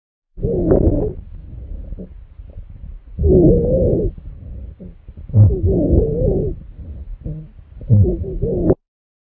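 Over an adult's chest, four loud breath phases alternate with softer ones at about 24 breaths a minute, each carrying low, musical, slightly tonal sound. These continuous musical sounds are wheezes, a sign of narrowed airways.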